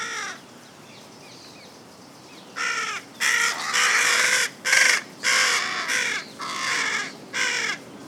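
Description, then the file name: Carrion crow, quiet at first, then a burst of loud, drawn-out grating caws, some running together. "Corvus corone"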